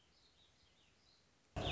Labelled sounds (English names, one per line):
Warbling Vireo